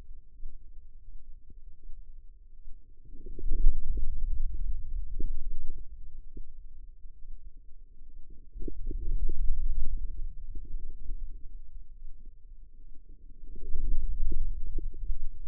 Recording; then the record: forearm muscle sounds (acoustic myography)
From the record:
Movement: hand opening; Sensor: system 2, bracelet of six BSWA MPA416 microphones around the upper forearm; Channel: 6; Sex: female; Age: 25 years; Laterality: right